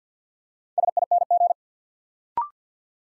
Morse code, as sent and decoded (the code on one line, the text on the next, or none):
... .. -. --.
SING